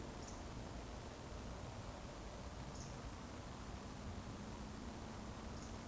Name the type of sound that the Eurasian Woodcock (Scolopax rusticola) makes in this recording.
whistle